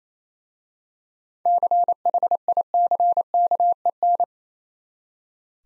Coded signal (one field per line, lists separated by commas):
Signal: Morse code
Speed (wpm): 29 wpm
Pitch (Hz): 700 Hz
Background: none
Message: CHICKEN